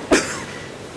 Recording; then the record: coughing mixed with background sound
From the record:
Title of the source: 34 coughing up crap again